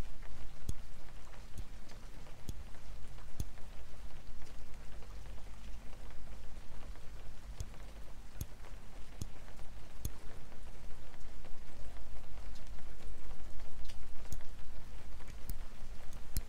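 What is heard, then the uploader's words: Slow glass tapping sounds over steady rain, with sharp, bright taps arriving about once a second, sometimes with longer gaps between them. The rain stays constant underneath as a dense hiss with a low rumble. ASMR slow rhythmic glass tapping & rain - no talking.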